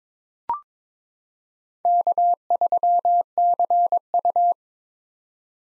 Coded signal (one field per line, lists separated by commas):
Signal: Morse code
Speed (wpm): 22 wpm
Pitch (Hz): 700 Hz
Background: none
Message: K3CU